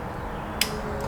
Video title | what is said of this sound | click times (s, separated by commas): Custom Interior Trim! - BMW M3 Install | so pretty simple again this thing only goes in one direction as well push it until it clips looks | 0.6 s